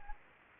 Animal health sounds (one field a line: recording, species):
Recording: mosquito wingbeat signal from an infrared sensor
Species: Anopheles gambiae